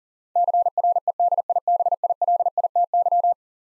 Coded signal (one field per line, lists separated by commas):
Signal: Morse code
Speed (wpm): 40 wpm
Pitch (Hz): 700 Hz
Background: none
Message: CREDIBILITY